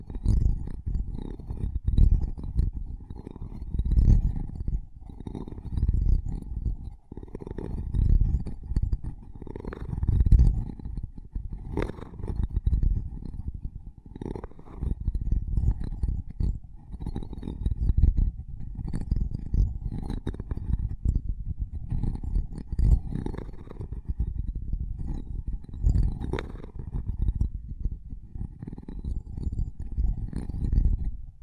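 Mic tapping and scratching fill the clip with dense, rumbling low thuds and rubbing that swell and ease every couple of seconds. Sharper taps cut through at irregular moments, around 10, 12, 19 and 26 seconds, over a constant muffled scraping underneath.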